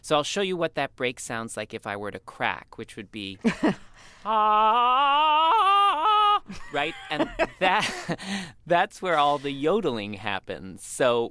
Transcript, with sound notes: So I'll show you what that break sounds like if I were to crack, which would be, (vocalizing, voice cracking). Right?
(Laughter).
And that's where all the yodeling happens.